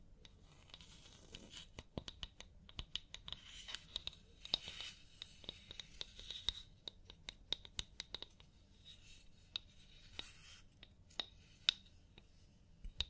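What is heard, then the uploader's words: Scalp massage during a hair wash, with dense crackling and scratching of fingers working through wet hair. Sharp clicks and snaps land irregularly every second or so over a soft, steady low rumble, and faint whispery rustling fills the gaps. ASMR Sleep Clinic Personal Attention Scalp Massage, Hair Wash (No Talking).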